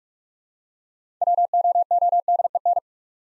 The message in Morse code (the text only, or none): WOODEN